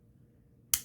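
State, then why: Seated. A Buck 112 Ranger folding lockback knife with a brass bolster is opened, and its lock engages the blade with a single sharp, bright click at 0.7 s after a near-silent, low-level lead-in. The snap rings out briefly before fading, and the blade is seated and locked open.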